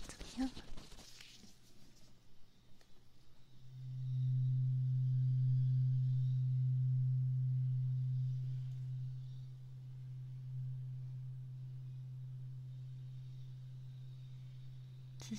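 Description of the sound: After a few seconds of soft rustling, a steady low pure tone starts and holds for about eleven seconds, loud at first and then gradually softening toward the end. This is a simulated hearing-test tone in a role-played ear exam after middle ear inflammation; the listener is to listen carefully and say stop when it can no longer be heard. This is the first ear tested, before the right ear.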